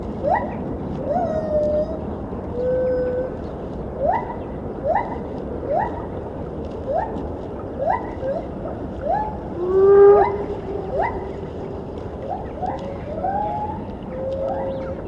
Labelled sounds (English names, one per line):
Lar Gibbon